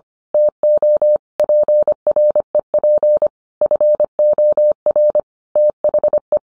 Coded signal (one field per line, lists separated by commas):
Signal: Morse code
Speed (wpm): 25 wpm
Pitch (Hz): 600 Hz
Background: none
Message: TO PREP FOR THE